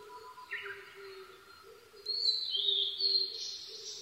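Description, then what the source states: Blue-and-white flycatcher song: soft opening notes, then a loud run of high whistles, with a low repeated tone underneath. 22 May 2011 at 04:34.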